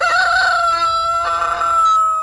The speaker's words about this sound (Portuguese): Ô, meu galo serrote, canta aí na hora certa, rapaz.